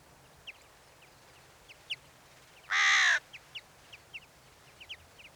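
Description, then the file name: Carrion crow giving one loud, harsh caw lasting about half a second, with faint, thin chirps of small birds scattered through the background. "Corvus corone"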